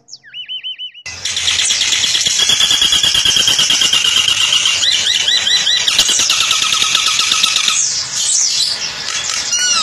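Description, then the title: Nias hill myna: a second of quieter whistles, then a loud continuous jumble of shrill whistles, rattles and squeals. Nias hill myna singing loudly and persistently (gacor), recorded as a model for training other songbirds (masteran). "Burung Jalak Nias Gacor Suara Super Gledek Untuk Masteran"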